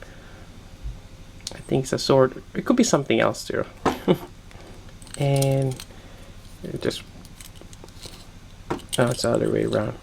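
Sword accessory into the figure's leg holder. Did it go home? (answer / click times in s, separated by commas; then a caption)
no / none. A sword accessory for a Play Arts Kai DC Variant Armored Batman figure is fumbled against the figure's plastic leg holder while someone talks, with light plastic taps and rattles. It turns out to go the other way around, and nothing has seated or clicked yet; the sword is only lined up with the leg holder.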